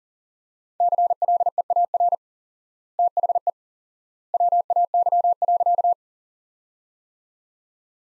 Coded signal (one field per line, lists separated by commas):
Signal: Morse code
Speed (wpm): 40 wpm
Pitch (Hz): 700 Hz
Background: none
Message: CLEAR THE WAY.